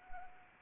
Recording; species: mosquito wingbeat signal from an infrared sensor; Anopheles arabiensis